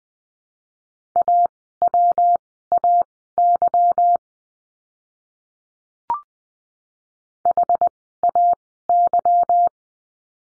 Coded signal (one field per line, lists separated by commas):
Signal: Morse code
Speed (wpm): 20 wpm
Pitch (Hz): 700 Hz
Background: none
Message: AWAY HAY